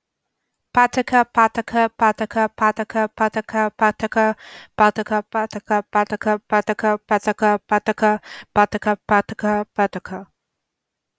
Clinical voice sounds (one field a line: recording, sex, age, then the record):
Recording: repeated syllables /pa ta ka/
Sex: female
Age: 20 to 29 years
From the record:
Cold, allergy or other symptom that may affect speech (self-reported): no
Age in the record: 28 years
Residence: New York, United States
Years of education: 13